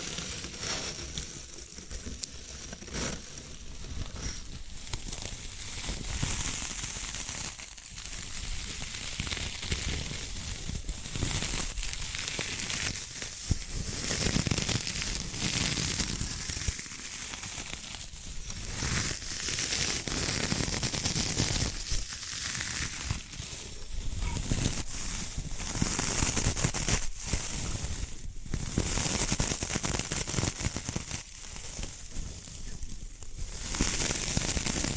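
Bamboo being scratched, brushed and tapped in a dense, continuous run of dry crinkling and rasping. Sharp taps break through every second or two, while the brushing swells and eases in bright, hissy strokes. There are no other sounds.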